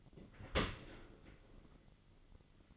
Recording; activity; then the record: daily activity, microphone in the room; open dishwasher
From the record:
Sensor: 4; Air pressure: 1003.9 hPa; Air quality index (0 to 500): 152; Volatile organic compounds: 2 ppm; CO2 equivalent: 1082 ppm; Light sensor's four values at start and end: 23/56/23/24 and 23/55/23/24